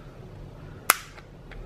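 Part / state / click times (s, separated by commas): plastic battery cover onto handheld game console battery compartment / seated / 0.9 s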